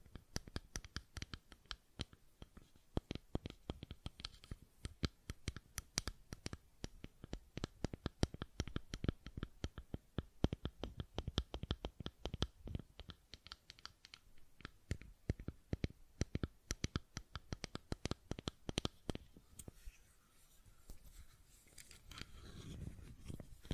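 Rapid, dense clicking and tapping on a fidget cube, sharp and irregular, continuing until about 20 seconds, then thinning into softer low rustling.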